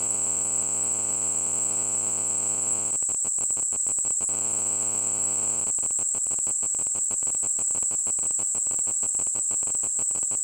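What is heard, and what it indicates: Simulated tinnitus: a steady, high-pitched ringing tone near 8 kHz that persists throughout, with a fainter buzzing, pulsing layer in the lower range that starts and stops.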